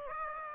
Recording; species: mosquito wingbeat signal from an infrared sensor; Aedes aegypti